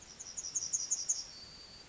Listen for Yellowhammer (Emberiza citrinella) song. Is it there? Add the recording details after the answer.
yes. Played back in forest. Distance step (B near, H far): E. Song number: 023